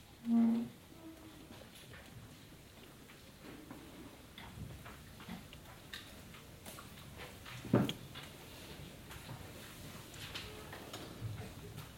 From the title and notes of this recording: Generative soundscape based on a two-dimensional random walk between four binaural soundscapes recorded in libraries and bookstores. Reading hall of the Austrian National Library in Vienna.